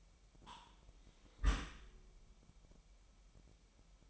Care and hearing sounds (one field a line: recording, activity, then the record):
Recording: daily activity, microphone in the room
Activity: close dishwasher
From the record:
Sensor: 1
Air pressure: 998.4 hPa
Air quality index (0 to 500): 137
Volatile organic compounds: 4 ppm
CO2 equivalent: 1636 ppm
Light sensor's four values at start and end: 16/56/22/23 and 16/56/22/23